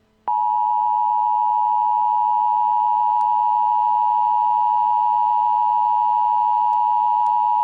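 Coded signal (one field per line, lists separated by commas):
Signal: Emergency Alert System (SAME) tones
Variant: 853 and 960 Hz attention tone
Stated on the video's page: Realistic simulated EAS nuclear attack warning for Greater Cincinnati and Northern Kentucky.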